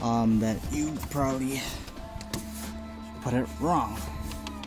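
Someone talks while pressing a plastic interior trim housing back onto a car interior panel in an FK8, corner by corner, after disabling its Adaptive Sound System. Only brief light handling ticks are heard, around 2.2–2.3 s and 4.5–4.6 s. Nothing has seated or clicked yet; the last trim clip has not snapped home.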